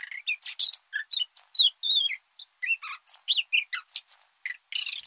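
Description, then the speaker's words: Common Nightingale's early song attempts, a rapid jumble of high, varied chirps, whistles and short trills in irregular, unstructured bursts. Young male nightingale's first attempts while learning its complex song; full song learning takes a year. "Henrik Brumm hat ein Nachtigallmännchen beim Lernen seines schwierigen Gesangs begleitet und die einzelnen Entwicklungsstufen aufgezeichnet. Die ersten Versuche klangen so."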